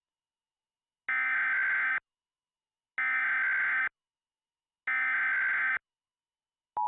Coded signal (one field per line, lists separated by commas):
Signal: Emergency Alert System (SAME) tones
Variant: header bursts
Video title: EAS Mock #32: The Blue Moon